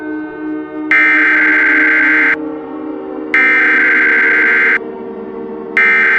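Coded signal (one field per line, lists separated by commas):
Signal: Emergency Alert System (SAME) tones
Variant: header bursts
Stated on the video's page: Teaser of a fictional EAS scenario containing valid EAS tones.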